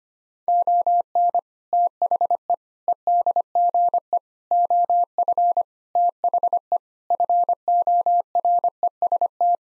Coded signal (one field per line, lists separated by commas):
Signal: Morse code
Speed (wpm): 25 wpm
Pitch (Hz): 700 Hz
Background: none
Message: ON THE EDGE OF THE FOREST